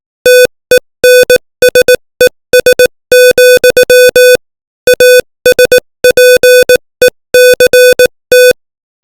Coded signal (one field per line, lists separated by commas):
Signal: Morse code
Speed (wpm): 18 wpm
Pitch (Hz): 500 Hz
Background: music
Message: TENSES, ASPECT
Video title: Morse Code 18 WPM : English Language